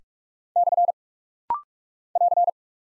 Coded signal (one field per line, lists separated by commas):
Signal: Morse code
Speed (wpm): 45 wpm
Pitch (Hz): 700 Hz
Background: none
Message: / <AR>